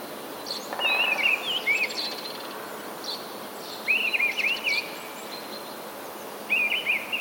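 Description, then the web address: Mistle thrush singing three brief fluted, wavering phrases separated by pauses of about two seconds. "wroblowe kolekcja paszkot"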